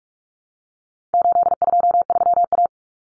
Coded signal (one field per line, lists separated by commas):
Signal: Morse code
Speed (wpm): 44 wpm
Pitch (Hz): 700 Hz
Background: none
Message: 823A